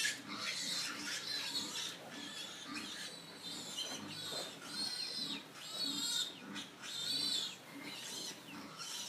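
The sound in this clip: Pigs giving piercing squeals in repeated waves, several swelling loudly, over a continuous bed of low grunts.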